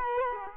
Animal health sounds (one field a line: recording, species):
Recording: mosquito wingbeat signal from an infrared sensor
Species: Culex quinquefasciatus